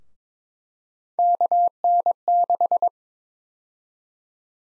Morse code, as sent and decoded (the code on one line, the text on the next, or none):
-.- -. -....
KN6